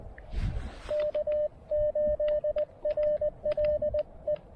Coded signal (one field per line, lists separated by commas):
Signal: Morse code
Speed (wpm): 20 wpm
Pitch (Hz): 600 Hz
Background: radio noise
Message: K8RLE